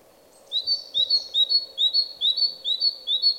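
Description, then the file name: Great tit song starting after a brief hush: steady, clear two-note phrases repeated several times over a faint low hum. "Parus major"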